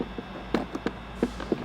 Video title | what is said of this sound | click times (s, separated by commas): S&B Intake for 2010-2016 Ford F-150, Raptor 6.2L - Install | Pressed in like so, and then it clicks into place. | 0.5 s